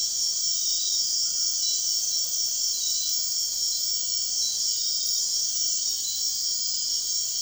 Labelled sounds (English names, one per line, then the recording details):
none
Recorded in dense forest near Puerto Asís, Putumayo, Colombia, on 4 March 2025 at 04:00
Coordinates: 0.499, -76.324
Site GP03